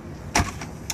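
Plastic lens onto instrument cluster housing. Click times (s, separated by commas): 0.4 s, 0.9 s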